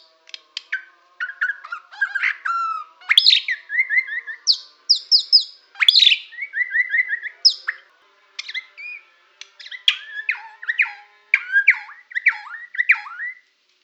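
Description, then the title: White-rumped shama singing a varied, lively medley of whistles, sweeps and sharp chirps in quick phrases, with brief pauses between bursts. Borneo. "MURAI BORNEO MAS KIKI"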